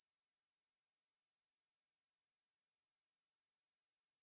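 Cicadas giving an unbroken, high, rapidly pulsing buzz throughout.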